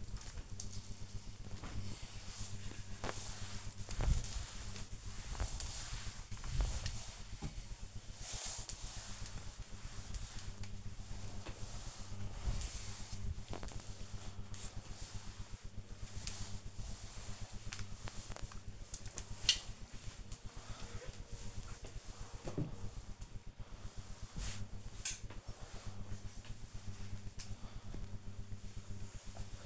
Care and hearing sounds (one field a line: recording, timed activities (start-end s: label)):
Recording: household activities, microphone on the right wrist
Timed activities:
0.00-27.24 s: floor cleaning